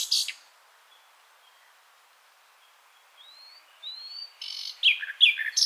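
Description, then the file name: Common nightingale song: a brief sharp burst, then a pause, soft drawn-out whistles rising in pitch, and finally a loud, varied phrase of chirps and rattling notes. "Luscinia megarhynchos"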